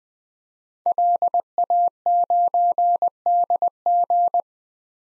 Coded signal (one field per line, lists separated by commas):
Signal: Morse code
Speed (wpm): 20 wpm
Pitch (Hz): 700 Hz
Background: none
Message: LA9DG